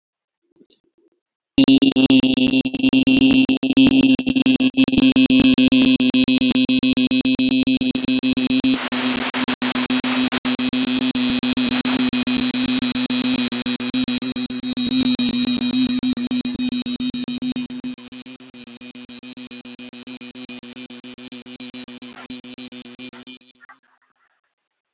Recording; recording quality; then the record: sustained vowel as in beet; poor, much background noise or distortion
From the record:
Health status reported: healthy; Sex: male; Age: 25 years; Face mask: not worn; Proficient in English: yes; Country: India